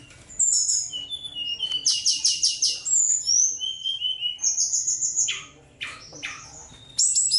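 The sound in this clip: Bird song, a rapid varied medley of high whistles, trills and sharp downward notes, with brief pauses between phrases.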